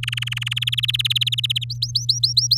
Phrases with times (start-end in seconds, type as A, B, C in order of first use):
0.03-0.64 A, 0.67-1.64 B, 1.70-2.58 C